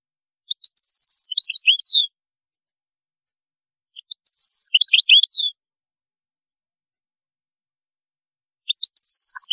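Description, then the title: European goldfinch song, a tinkling phrase opening with a fast buzzy trill then falling chirps, repeated about every four seconds. "Chant Chardonneret"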